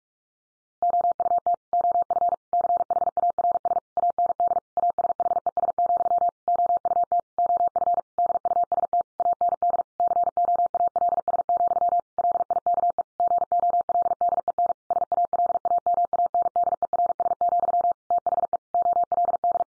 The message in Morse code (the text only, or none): OUT OF CHARS AND ASHES, OUT OF DUST AND COALS, LIKE GOLDEN SALAMANDERS, THE OLD